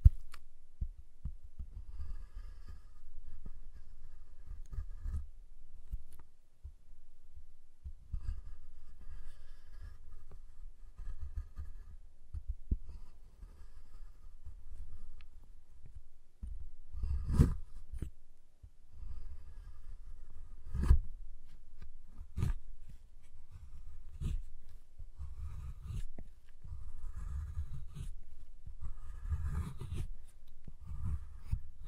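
Tapping and handling of a giant chocolate bar, with soft, low thuds and scraping repeating throughout. Sharper snaps and clicks stand out from about seventeen seconds on, coming every few seconds, with faint brighter tapping in between.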